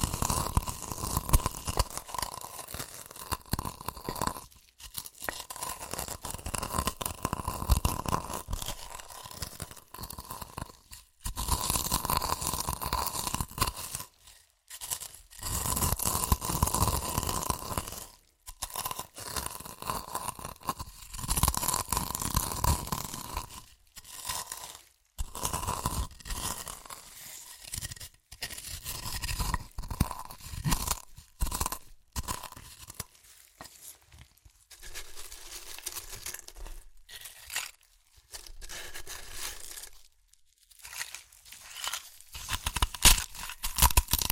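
Chips are crushed and eaten in dense, crackly bursts of crunching, broken by brief silent gaps every few seconds, with a thinner stretch late on.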